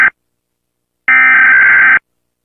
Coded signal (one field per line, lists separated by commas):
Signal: Emergency Alert System (SAME) tones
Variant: header bursts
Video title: (UPDATED) Gacha Life | Me Rating EAS Alarms Around The World [All Parts + Part 3!]